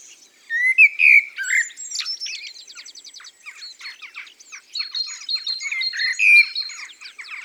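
Common blackbird song with rich fluted phrases opening and closing, broken by rapid, thin, squeaky twitters in between.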